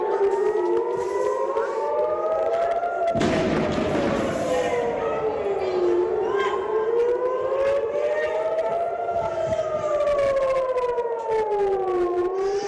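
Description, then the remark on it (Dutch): Air raid sirens wail steadily in Tel Aviv at night in May 2021 as Hamas fires rockets from the Gaza Strip, several overlapping tones slowly rising and falling in long sweeping cycles, with a sudden loud rumbling rocket impact breaking in early on beneath them. “Vlak voor die beschietingen klonken in Tel Aviv sirenes. Het teken voor inwoners om naar de schuilkelders te gaan.”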